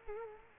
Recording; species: mosquito wingbeat signal from an infrared sensor; Culex quinquefasciatus